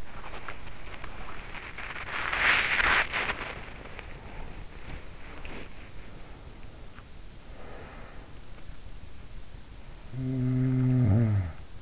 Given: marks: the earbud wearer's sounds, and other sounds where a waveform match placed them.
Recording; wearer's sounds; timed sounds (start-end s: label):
sounds in sleep by an in-ear microphone; body movement, breath, snoring breath
0.00-5.71 s: body movement
6.91-9.08 s: breath
9.77-11.82 s: snoring breath